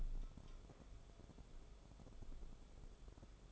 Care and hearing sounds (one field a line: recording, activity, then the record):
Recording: daily activity, microphone in the room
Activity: take from stove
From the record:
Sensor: 5